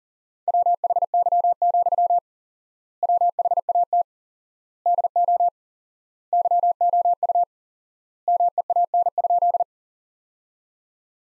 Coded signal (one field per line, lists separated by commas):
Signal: Morse code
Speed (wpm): 37 wpm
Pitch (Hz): 700 Hz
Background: none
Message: WHY, WHAT DO YOU MEAN?